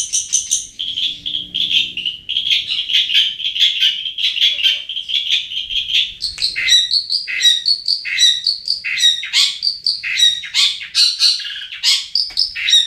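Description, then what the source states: Long-tailed shrike song: a continuous buzzy trill, then a varied jumble of sharp, harsh chattering notes. Cage-bird training song.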